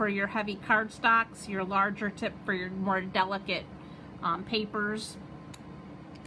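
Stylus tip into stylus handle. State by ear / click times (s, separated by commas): seated / 5.5 s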